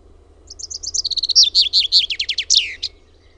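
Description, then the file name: Common chaffinch singing one full phrase, a quick series of high chips dropping into a rolling trill and finishing with an emphatic terminal flourish. "PEIPPO"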